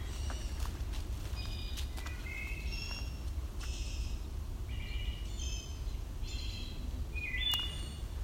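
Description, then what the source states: Wood thrush song, several bright fluty whistled phrases, with a low background drone. Heard in old growth forest with a spicebush understory beneath the canopy.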